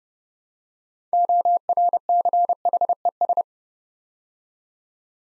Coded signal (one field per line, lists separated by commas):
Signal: Morse code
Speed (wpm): 30 wpm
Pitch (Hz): 700 Hz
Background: none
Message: ORCHES